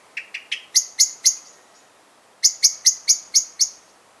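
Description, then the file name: Common blackbird making two short bursts of sharp, ringing chink notes, around six notes each, with a second's silence between. "Turdus merula"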